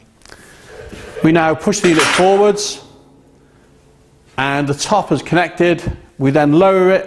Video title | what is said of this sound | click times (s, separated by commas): CHRO Ltd - Special Drum De Palletiser | we then push this forward so it locks in place that locks the sliding mechanism | 0.2 s, 0.3 s